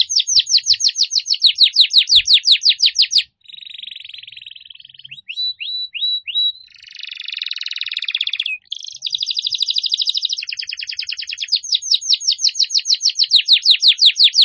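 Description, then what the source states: Atlantic canary song of quick repeated downward sweeps, a buzzy phrase, a run of short rising notes, then more rapid rolling trills. Canary song used as a lure to attract birds.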